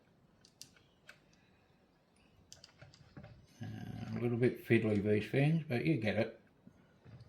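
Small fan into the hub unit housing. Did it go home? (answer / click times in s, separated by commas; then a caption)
no / none. A small plastic cooling fan is being pressed into its mount in the housing of a Bambu Lab AMS internal hub unit, with faint handling ticks and knocks before someone talks about it being fiddly. Nothing has seated or clicked into place yet.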